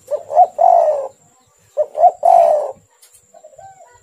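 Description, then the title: Spotted dove cooing twice, each phrase two short notes then a long, rough, descending coo, followed by faint soft coos, with a thin steady high tone behind. "Tekukur"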